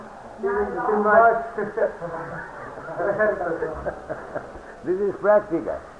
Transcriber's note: laughs